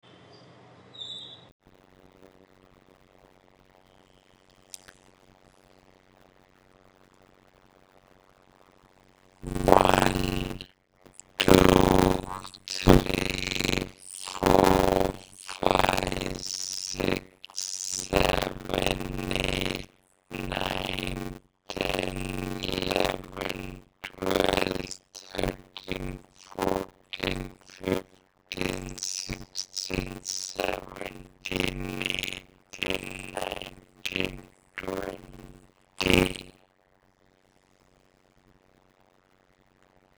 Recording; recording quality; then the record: counting at a fast pace; poor, much background noise or distortion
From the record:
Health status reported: COVID-19 positive, mild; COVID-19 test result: positive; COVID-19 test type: RT-PCR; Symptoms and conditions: cough, sore throat, hypertension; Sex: male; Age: 61 years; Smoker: no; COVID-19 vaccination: both doses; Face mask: not worn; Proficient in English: yes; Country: India